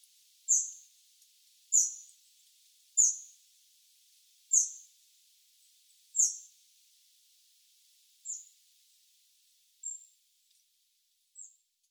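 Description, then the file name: Eurasian wren giving loud, sharp ticking calls at intervals of one to two seconds, five strong notes followed by three fainter ones. "Troglodytes troglodytes"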